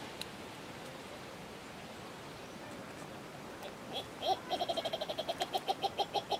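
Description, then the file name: Ruspoli's turaco song beginning after about four quiet seconds: a fast string of hoarse, evenly repeated notes. "Canto do turaco de ruspoli"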